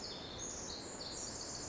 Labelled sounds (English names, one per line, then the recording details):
Pacific Wren
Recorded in Sonoma County, California